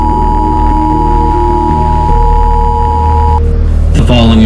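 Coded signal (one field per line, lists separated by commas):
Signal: Emergency Alert System (SAME) tones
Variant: 853 and 960 Hz attention tone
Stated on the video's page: Simulated EAS scenario.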